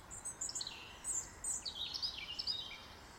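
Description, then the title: Birdsong in a quick burst of high, sweet chirps and short descending trills, repeated in rapid little phrases with faint hiss behind. In a garden. "Birds Sounds in the Garden"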